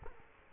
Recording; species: mosquito wingbeat signal from an infrared sensor; Culex quinquefasciatus